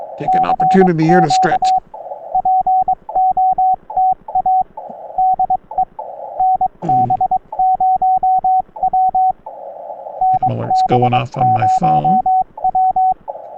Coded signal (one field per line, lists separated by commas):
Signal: Morse code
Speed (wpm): 22 wpm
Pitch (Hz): 750 Hz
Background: speech, radio noise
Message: CQ POTA DE NB0W NB0W